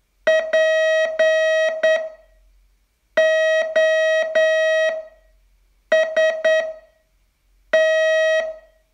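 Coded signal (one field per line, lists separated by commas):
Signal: Morse code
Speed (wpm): 9 wpm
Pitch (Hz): 640 Hz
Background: none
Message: POST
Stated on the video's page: Day 28 of a 42-day Morse training course.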